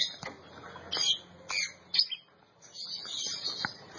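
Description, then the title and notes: Oriental magpie-robin song: scratchy high notes and short bursts with brief pauses between them. Champion bird. "Kicau Burung Kacer Juara. Suara Kicauan Burung Kacer Juara"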